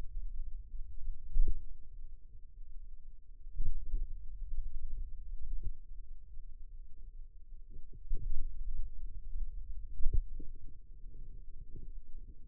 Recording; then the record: forearm muscle sounds (acoustic myography)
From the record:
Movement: finger pinch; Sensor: system 2, bracelet of six BSWA MPA416 microphones around the upper forearm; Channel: 6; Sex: female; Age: 22 years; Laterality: right